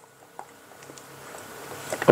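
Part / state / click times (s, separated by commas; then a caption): pressure cooker lid locking into the pot / seated / 2.0 s, 2.1 s. The lid-locking mechanism of a metal pressure cooker is pushed, and the lid locks into the pot so it can no longer be pushed. Faint scraping and small taps build up before two sharp clicks at 2.0 s and 2.1 s as it locks in place.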